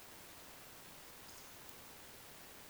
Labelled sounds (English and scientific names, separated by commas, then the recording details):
Eurasian Woodcock (Scolopax rusticola) whistle
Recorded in Baden-Württemberg, Germany, on 10 June 2020 at 20:11 UTC
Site 45520, 595 m above sea level